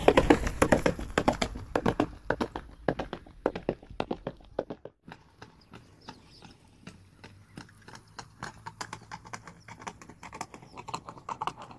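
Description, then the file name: Horse hoofbeats, a fast irregular clatter of hard strikes that thins out after about five seconds into sparser, quieter thuds. "horse running"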